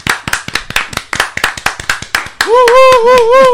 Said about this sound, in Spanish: Esos aplausos que no son menos que los demás.